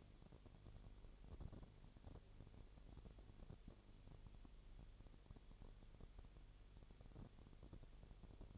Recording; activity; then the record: daily activity, microphone in the room; no activity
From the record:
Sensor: 4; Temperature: 22.7 degrees Celsius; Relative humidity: 32.0%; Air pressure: 1008.1 hPa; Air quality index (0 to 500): 114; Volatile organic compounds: 2 ppm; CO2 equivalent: 1105 ppm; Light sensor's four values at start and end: 2/3/1/1 and 2/3/1/1